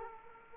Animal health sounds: mosquito wingbeat signal from an infrared sensor; Aedes aegypti

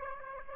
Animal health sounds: mosquito wingbeat signal from an infrared sensor; Aedes aegypti

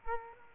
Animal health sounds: mosquito wingbeat signal from an infrared sensor; Culex quinquefasciatus

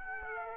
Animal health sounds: mosquito wingbeat signal from an infrared sensor; Aedes aegypti

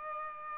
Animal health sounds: mosquito wingbeat signal from an infrared sensor; Aedes aegypti

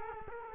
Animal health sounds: mosquito wingbeat signal from an infrared sensor; Culex quinquefasciatus

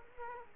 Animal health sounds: mosquito wingbeat signal from an infrared sensor; Culex quinquefasciatus

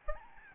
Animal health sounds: mosquito wingbeat signal from an infrared sensor; Aedes albopictus

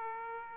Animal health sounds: mosquito wingbeat signal from an infrared sensor; Aedes aegypti

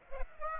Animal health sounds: mosquito wingbeat signal from an infrared sensor; Aedes aegypti

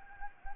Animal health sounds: mosquito wingbeat signal from an infrared sensor; Anopheles gambiae

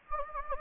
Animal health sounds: mosquito wingbeat signal from an infrared sensor; Anopheles gambiae

